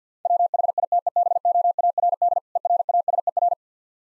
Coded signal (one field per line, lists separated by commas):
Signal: Morse code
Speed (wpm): 49 wpm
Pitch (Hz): 700 Hz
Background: none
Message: WHITEBOARD ERASER